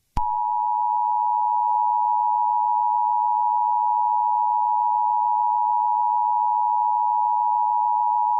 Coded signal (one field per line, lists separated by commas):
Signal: Emergency Alert System (SAME) tones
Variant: 853 and 960 Hz attention tone